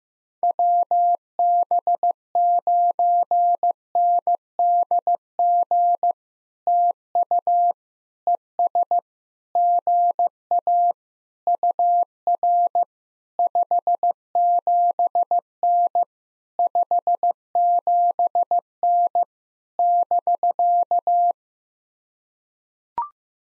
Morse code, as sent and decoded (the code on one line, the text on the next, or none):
.-- -... ----. -. -.. --. / - ..- / . ... / --. .- / ..- .-. / ..... --... -. / ..... --... -. / -...-.-
WB9NDG TU ES GA UR 57N 57N <BK>